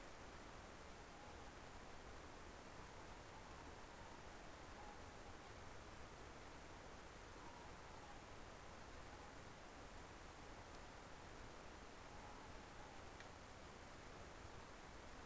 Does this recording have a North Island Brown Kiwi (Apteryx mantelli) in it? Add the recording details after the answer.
no. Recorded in New Zealand on 17 November 2013. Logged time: 03:42. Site BS16